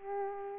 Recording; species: mosquito wingbeat signal from an infrared sensor; Aedes aegypti